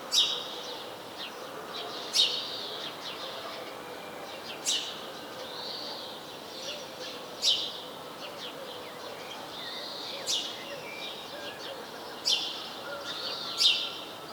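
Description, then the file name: House sparrow chirps, sharp single cheeps scattered every two to three seconds, over faint softer calls and steady hiss. "Passer domesticus"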